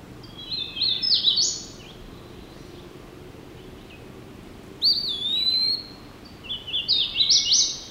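Hooded warbler song: bright, ringing phrases climbing in steps, given twice, with a drawn-out slurred whistle between them.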